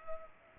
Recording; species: mosquito wingbeat signal from an infrared sensor; Culex pipiens